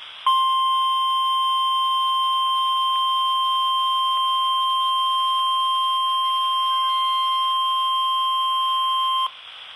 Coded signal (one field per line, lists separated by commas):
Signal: Emergency Alert System (SAME) tones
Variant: 1050 Hz attention tone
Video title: Required weekly test (EAS #61) (Radio: midland hh50) ( KHA99 ) 5-13-20